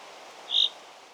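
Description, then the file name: Common chaffinch giving a single short, high, sharp call note, over faint background hiss. "Fringilla coelebs"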